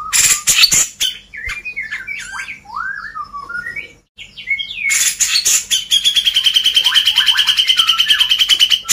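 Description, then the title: Grey-cheeked bulbul song: varied slurred whistles rising and falling, then a long, fast, even rattle of repeated notes lasting several seconds. Masteran recording used to train cage birds. "MASTERAN CUCAK JENGGOT"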